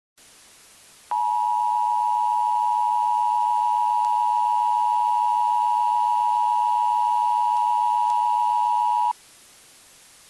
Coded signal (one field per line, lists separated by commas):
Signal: Emergency Alert System (SAME) tones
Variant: 853 and 960 Hz attention tone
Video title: EAS Alert: Amber Alert 1